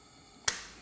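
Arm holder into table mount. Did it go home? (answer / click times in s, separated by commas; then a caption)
yes / 0.5 s. An arm holder is reseated into its table mount with the blue ring in the down position after a wrong attempt with the ring up, and it clicks home at 0.5 s with a sharp, distinct snap. A softer second tick follows at about 0.8 s, and the holder is confirmed seated.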